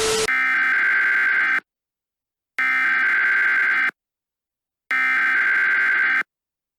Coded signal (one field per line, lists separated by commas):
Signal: Emergency Alert System (SAME) tones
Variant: header bursts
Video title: EAS Scenario: Hallows Terror 2 [FULL VERSION] [ANALOG HORROR]